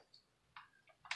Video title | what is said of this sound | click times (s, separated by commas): Syma x8 pro with GPS full review & flight failed/Faulty & Dangerous quadcopter from manufacturer!!! | and snaps right in that's pretty nice | 1.1 s